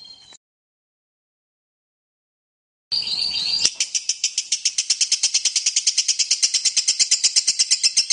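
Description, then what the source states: Lovebird chattering song. A brief note, then silence, then a steady, rapid string of sharp high notes that continues to the end. Long lovebird ngekek song, used as a lure song (kicau pancingan).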